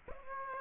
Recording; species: mosquito wingbeat signal from an infrared sensor; Aedes aegypti